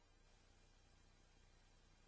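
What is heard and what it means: A new motor head for a Honeywell V8043F hydronic zone valve is wiggled and shifted on the valve body to help its keyed drive line up with the valve stem. Only a steady low hum and broadband static are heard, with no distinct impacts. Nothing has seated or clicked yet.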